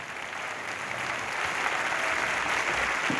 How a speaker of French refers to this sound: Sauf que voilà, parmi le public, justement, quelqu'un s'est levé et demande que l'on cesse ses applaudissements.